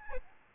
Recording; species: mosquito wingbeat signal from an infrared sensor; Aedes albopictus